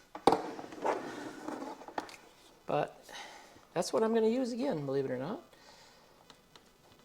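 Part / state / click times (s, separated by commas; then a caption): connector or plug into its socket in a golf cart battery install / not seated / none. During a Vatrer 48V 105Ah LiFePO4 lithium battery conversion on a Yamaha G29 golf cart, a connector or plug, likely plastic, is being handled for pushing into its socket. Someone talks while sharp, short knocks sound around 0.3 s and 2.0 s, with a few faint ticks near the end. Nothing has seated or clicked yet.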